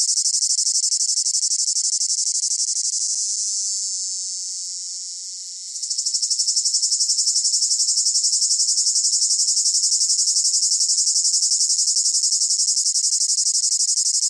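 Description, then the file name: Cicada singing a shrill, piercing whine that runs steadily, fades slightly, then turns into fast, regular pulsing for the rest. Close-up rhythmic chirping in long phrases with a piercing whine. "gain walkers CICADA Close Up Rhythmic Chirping Long Phrases Piercing Whine"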